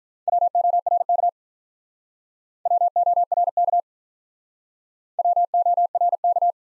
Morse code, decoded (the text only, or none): WORK WORK WORK